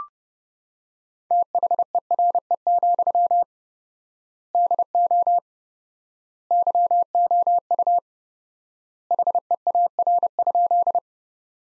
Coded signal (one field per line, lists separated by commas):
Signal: Morse code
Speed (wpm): 32 wpm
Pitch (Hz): 700 Hz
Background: none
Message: THERE, DO YOU HEAR?